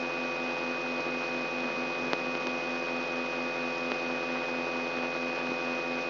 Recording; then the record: brain microelectrode recording played as sound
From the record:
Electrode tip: outside the subthalamic nucleus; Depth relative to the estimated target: -4 mm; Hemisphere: right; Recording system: AlphaMap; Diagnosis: Parkinson's disease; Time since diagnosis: 9 years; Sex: female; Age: 46 years